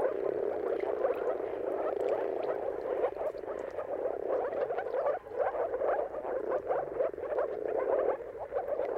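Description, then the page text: Moor frogs calling in a dense chorus, soft bubbling, overlapping pulses forming a continuous low gurgle without pauses. Moor frogs giving mating calls in a chorus at sunrise, around the turn of March and April depending on the weather. "Dawn’s Chorus: Mating Calls of Marsh Frogs at Sunrise. Depending on the weather at the turn of March and April, you can witness an amazing spectacle of moor frogs. Jakub Orzecki"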